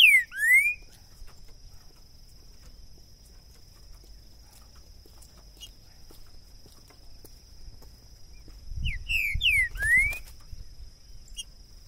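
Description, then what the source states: Green-winged saltator: a brief whistled phrase at the start, a long quiet gap with faint ticks, then another whistled phrase with low rumbling. Used to warm up a bird for singing competition; two birds taken into the woods; calling, singing and male territorial display (macheando); 2022.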